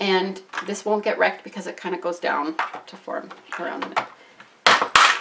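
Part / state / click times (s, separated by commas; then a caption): plastic marker plug into marker barrel / seated / 4.7 s, 5.0 s. Someone talks while an uncapped plastic marker barrel is pressed into a marker-making tool to push the plastic plug into the barrel. Two sharp clicks sound at 4.7 s and 5.0 s as the plug seats in the barrel.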